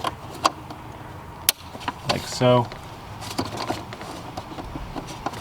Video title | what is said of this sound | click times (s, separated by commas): BMW 335i N54 Valve Cover Gasket (E90/E91/E92/E93) | This just pops straight down onto this guy, like | 1.5 s